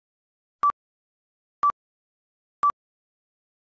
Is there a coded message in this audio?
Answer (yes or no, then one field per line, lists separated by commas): no